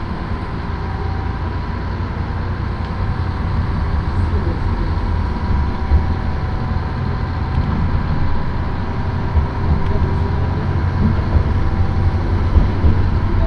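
A small local train rolls along steadily, its deep engine drone and dense low rumble continuous throughout, with faint wheel knocks and a thin whine above.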